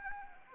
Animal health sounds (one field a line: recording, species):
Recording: mosquito wingbeat signal from an infrared sensor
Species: Anopheles arabiensis